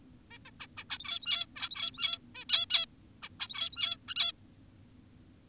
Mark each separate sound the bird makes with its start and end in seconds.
0.31-0.38, 0.46-0.51, 0.60-0.67, 0.78-0.84, 0.90-1.46, 1.56-2.18, 2.35-2.45, 2.50-2.66, 2.70-2.86, 3.23-3.29, 3.40-3.97, 4.08-4.15, 4.16-4.32